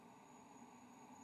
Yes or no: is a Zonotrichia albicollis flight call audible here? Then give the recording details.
no. No flight call is heard. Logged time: 01:05 on 18 November 2014